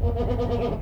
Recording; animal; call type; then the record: contact call of a hoofed animal; goat; low-frequency (closed-mouth) or high-frequency (open-mouth) call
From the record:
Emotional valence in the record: negative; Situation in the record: food frustration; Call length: 0.82 s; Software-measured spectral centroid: 1180 Hz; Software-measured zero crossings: 730 a second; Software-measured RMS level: -24 dBFS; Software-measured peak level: -13 dBFS